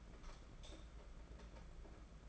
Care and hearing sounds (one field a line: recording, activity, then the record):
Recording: daily activity, microphone in the room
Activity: light off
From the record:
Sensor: 5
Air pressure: 992.1 hPa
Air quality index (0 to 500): 203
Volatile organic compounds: 1000 ppm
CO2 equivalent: 5878 ppm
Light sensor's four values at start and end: 9/22/9/9 and 8/19/7/8